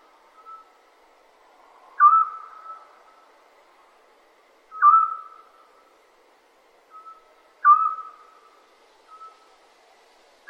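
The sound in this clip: Scops owl calls, a single clear whistled note repeated about every three seconds, with softer short tones between, otherwise quiet.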